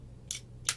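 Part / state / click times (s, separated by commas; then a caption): automatic door bottom drop bar into its surface-mount housing / seated / 0.3 s, 0.7 s. The spring-loaded, silicone-insert drop bar of a surface-mounted National Guard Products 229SSS automatic stainless steel door bottom retracts as the door opens and snaps up into its stainless steel housing, with nothing to deaden the contact. Two short, bright metallic snaps are heard at 0.3 s and 0.7 s over a low, steady hum, the second one louder. The bar is seated back in its housing.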